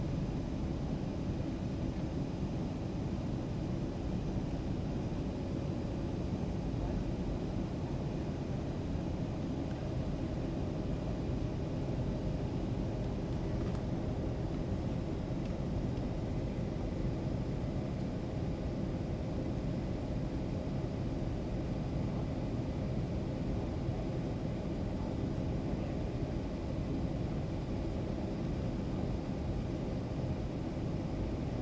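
Aircraft engines hum steadily through the flight, a dense low rumble holding level throughout, with only faint hints of a voice underneath.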